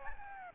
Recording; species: mosquito wingbeat signal from an infrared sensor; Aedes albopictus